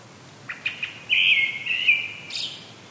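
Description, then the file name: Brown-headed thrush song: a few soft introductory notes, then a sustained warbled phrase ending in a thin, high twitter. "akahara"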